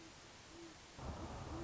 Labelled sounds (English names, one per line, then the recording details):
Great Horned Owl
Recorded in Sonoma County, California